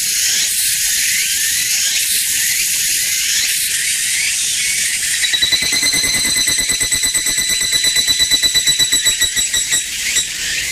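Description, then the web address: Evening cicada song: a dense, high, hissing drone that shifts midway into a rhythmic, pulsing trill, its regular beats slowly swelling and fading. "sikioto insect higurashi"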